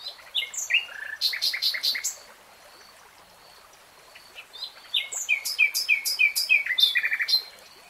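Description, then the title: Nightingale song: two bursts of rich varied phrases with rapid clicking series and slurred whistles, separated by a quiet pause. Nightingale singing, in real time. "[Tiếng chim hót] 3 Hours REALTIME Nightingale Singing"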